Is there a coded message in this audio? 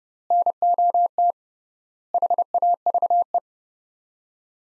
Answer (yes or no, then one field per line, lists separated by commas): yes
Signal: Morse code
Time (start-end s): 0.3-3.4 s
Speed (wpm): 32 wpm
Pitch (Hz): 700 Hz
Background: none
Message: NOT HAVE